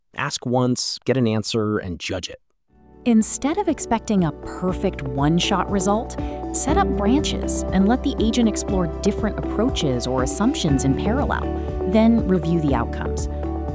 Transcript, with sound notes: ask once, get an answer, and judge it.
[thoughtful] Instead of expecting a perfect one-shot result, set up branches and let the agent explore different approaches or assumptions in parallel, then review the outcomes.